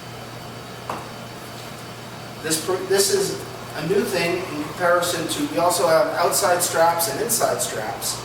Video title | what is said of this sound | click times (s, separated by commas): Solidification Products International Inc.- Demonstration | have to do is flip the sides and they lock in place this | 0.9 s